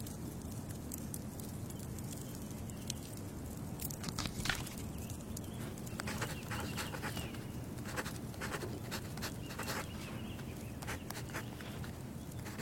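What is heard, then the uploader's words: A wood fire burns with a steady low rumble, broken by frequent sharp crackles and ticks. The snapping grows busier around the fourth and fifth seconds and again in the second half, with a few brief squeaky tones mixed in. The ice crystals are pure and the wood fire is squeaking.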